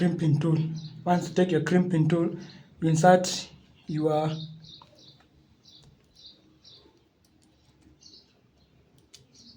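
Someone talks while an Ethernet cable with its plastic RJ45 plug is placed into the die of a crimping tool and lined up before the tool is squeezed. Only small, faint handling ticks follow as the speech stops. Nothing has clicked yet because the crimp has not been made.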